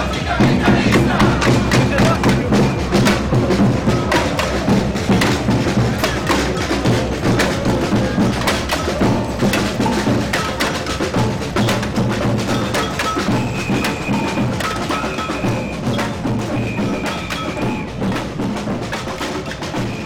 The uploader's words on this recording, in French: Parade anti G8 - G20 joyeuse et déjantée à Belleville. Ici à Belleville, une manif haut en couleur contre les diktat sécuritaires et économiques des dirigeants du monde !